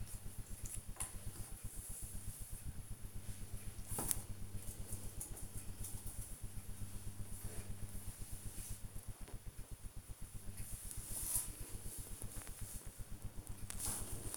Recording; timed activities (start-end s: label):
household activities, microphone on the right wrist
0.00-14.36 s: doing a puzzle